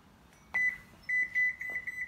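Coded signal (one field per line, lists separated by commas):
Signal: beep code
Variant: K5OS CAN bus module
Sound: a short high beep, a pause, then a quick string of high beeps cut off at the end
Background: small room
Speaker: if you do it too fast or too slow it'll beep at you four times you'll have to close the door and reopen to start it again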